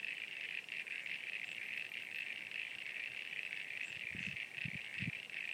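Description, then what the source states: Frog chorus as a steady high trilling wash, with a few low thumps near the end. At Sunny Corner.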